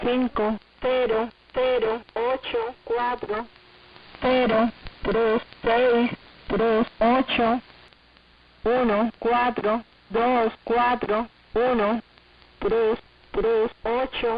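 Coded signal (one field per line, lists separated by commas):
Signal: numbers station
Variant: HM01, Spanish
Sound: synthetic-sounding voice reading Spanish digits one by one, evenly spaced, over radio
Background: radio static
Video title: 11 10 2022 Numbers HM01 Cuban Spy in Spanish 1700 &1705 on 11435 & 11530 Bejucal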